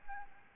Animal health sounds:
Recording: mosquito wingbeat signal from an infrared sensor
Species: Aedes albopictus

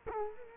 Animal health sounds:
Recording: mosquito wingbeat signal from an infrared sensor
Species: Culex quinquefasciatus

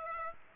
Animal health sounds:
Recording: mosquito wingbeat signal from an infrared sensor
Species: Aedes aegypti

